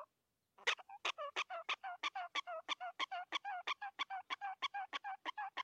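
Prairie dog bark series starts after a brief silence, then quick, even yips follow, about three per second, to the end.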